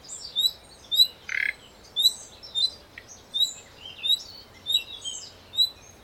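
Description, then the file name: Common nightingale giving sharp high whistles repeated steadily, with one brief rasping note. "Luscinia megarhynchos"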